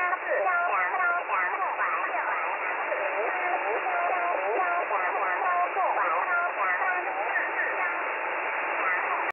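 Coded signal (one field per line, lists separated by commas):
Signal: numbers station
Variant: VC01, Chinese robotic voice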